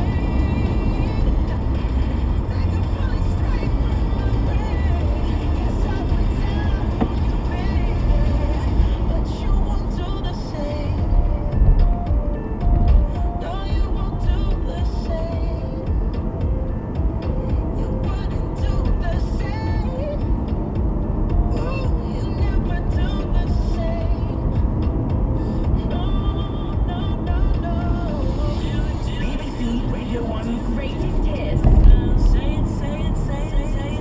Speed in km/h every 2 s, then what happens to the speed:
85, 87, 89, 85, 81, 74, 69, 69, 71, 72, 74, 74, 76, 76, 77, 74, 76.
4-12 slows to 69. 12-34 steady at about 74.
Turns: none.